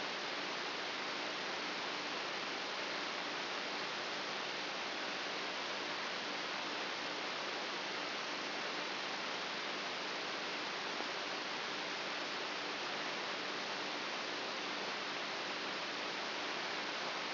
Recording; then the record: brain microelectrode recording played as sound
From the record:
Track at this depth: inside the subthalamic nucleus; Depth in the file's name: 4.44 mm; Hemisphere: right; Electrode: 2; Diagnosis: Parkinson's disease